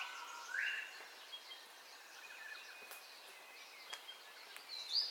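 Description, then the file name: Birds at dawn, a loud rising whistle early on and a high clear note at the end, with faint chirping in between. Dawn ambience of birdcalls, recorded in stereo. "AMBIENCE DAWN BIRDCALLS 04 STEREO"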